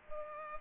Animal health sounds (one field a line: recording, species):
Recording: mosquito wingbeat signal from an infrared sensor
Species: Culex pipiens